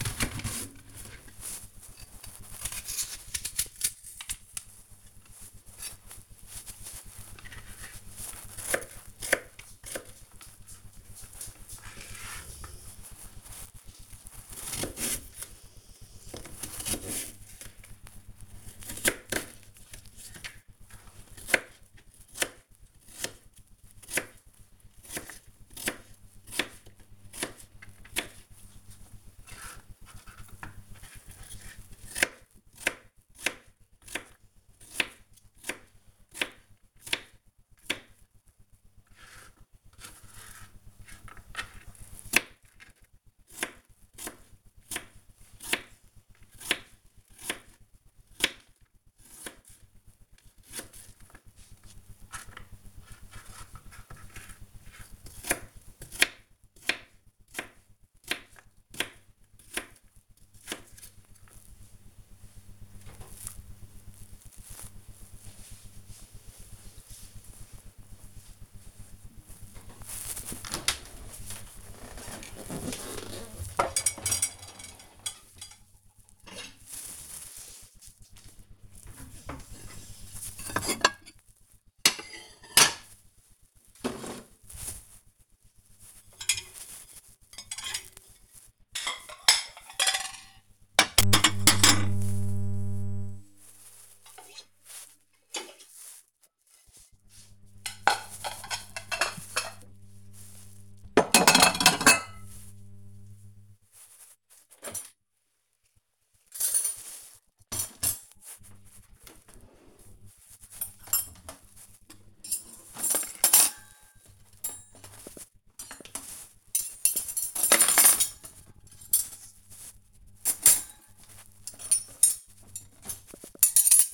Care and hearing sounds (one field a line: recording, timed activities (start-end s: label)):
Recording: household activities, microphone on the right wrist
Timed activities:
0.00-62.18 s: cutting vegetables
69.25-124.14 s: cleaning out the dishwasher